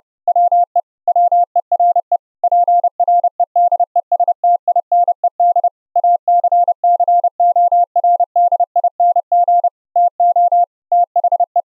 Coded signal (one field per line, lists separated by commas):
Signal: Morse code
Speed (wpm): 30 wpm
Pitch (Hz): 700 Hz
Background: none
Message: WE WERE PREDESTINED ACCORDING TO THE